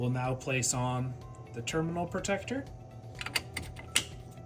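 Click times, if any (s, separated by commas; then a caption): 4.0 s. Someone talks while a plastic terminal protector cover is pressed onto a terminal of a Power Sonic 48 volt lithium golf cart battery. A few light taps lead to a sharp snap at 4.0 seconds as the protector clicks into place and seats.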